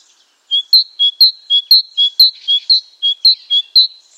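Great tit song: a steady run of clear, ringing two-note phrases, a lower rising note then a higher one, about two phrases per second.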